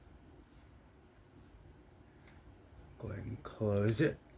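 A QSP Penguin folding knife with an S35VN blade and carbon fiber and titanium frame is handled after its pivot and lock bar are reassembled, about to be closed so the blade snaps into its closed detent in the handle. Low, steady background hiss fills most of the clip, and someone talks near the end. The blade has not snapped closed or seated yet.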